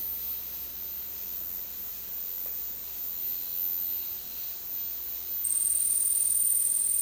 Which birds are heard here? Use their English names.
none